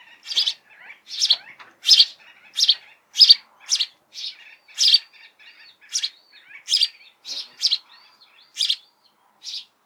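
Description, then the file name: House sparrow chirping, a series of short bright chirps with softer twittering notes between them. "Passer domesticus"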